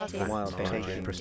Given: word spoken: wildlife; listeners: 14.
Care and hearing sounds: one English word in noise, from a listening test; four-talker babble; -2.5 dB; 1 of 14; 6 of 14; 0.81 s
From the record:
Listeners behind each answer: 6, 1, 1, 1, 1, 1, 1, 1, 1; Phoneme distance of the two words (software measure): 21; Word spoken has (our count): 2 syllables, 7 phonemes, stress on syllable 1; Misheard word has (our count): 1 syllable, 4 phonemes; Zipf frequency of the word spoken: 4.61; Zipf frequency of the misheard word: 4.96

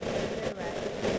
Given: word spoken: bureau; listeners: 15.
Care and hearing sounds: one English word in noise, from a listening test; noise modulated by three-talker babble; -7.9 dB; 0 of 15; 11 of 15; 0.79 s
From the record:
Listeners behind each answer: 11, 1, 1, 1, 1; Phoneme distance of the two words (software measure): 37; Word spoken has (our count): 2 syllables, 5 phonemes, stress on syllable 2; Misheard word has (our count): 2 syllables, 4 phonemes, stress on syllable 1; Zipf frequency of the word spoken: 3.66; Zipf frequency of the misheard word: 4.45

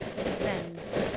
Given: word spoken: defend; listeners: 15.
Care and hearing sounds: one English word in noise, from a listening test; noise modulated by three-talker babble; -5.9 dB; 2 of 15; 6 of 15; 0.77 s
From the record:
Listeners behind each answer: 6, 2, 2, 1, 1, 1, 1, 1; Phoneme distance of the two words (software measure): 24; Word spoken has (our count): 2 syllables, 6 phonemes, stress on syllable 2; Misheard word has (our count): 1 syllable, 4 phonemes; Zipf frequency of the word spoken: 4.35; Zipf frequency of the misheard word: 4.17

